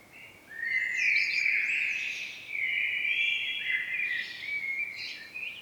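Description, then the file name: Common blackbird in nearly continuous warbling song, tumbling twittered notes running for about five seconds with only brief dips. "Turdus merula"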